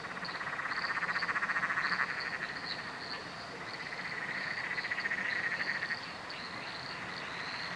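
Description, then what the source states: Frogs calling together, a loud buzzy pulsed trill that swells and eases, with a steady stream of brief higher peeps repeating throughout. Nocturnal chorus at night under a bridge, Royal National Park.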